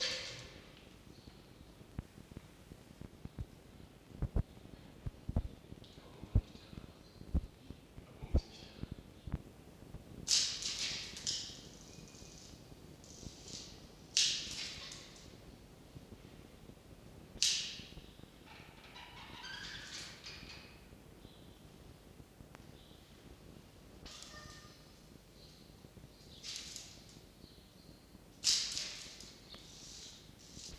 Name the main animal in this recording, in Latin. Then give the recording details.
Vulpes vulpes. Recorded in captivity. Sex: pair. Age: adult. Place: Zoologisches Institut der HUB, Berlin, DE. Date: 1953-02-13 10:20. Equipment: Elmetra. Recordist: Tembrock, Günter. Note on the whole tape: Begattung Fiffi - Jupp: Fiffi: Laute während des Hängens; Jupp (gegen Castor und Fiffi): nk